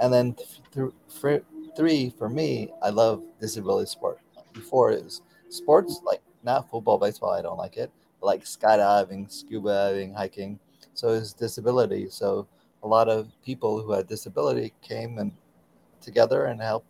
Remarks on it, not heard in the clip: In the surgery, I have a stroke and aphasia. I'm working with a speech pathologist every day to speak not normally, but close.